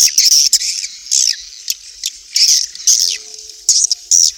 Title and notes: Swiflet Bird Sound. Farming Swiflet Bird asia